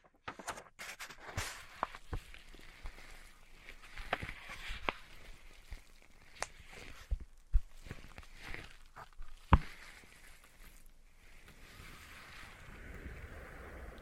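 Irregular tapping and scratching, with sharp knocks near two, four, six and a half and nine and a half seconds over soft, continuous rustling.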